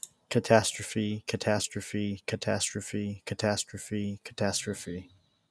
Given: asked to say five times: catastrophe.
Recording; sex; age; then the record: repeated word; male; 20 to 29 years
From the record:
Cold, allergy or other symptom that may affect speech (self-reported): no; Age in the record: 26 years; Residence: Maine, United States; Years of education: 17